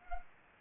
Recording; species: mosquito wingbeat signal from an infrared sensor; Anopheles arabiensis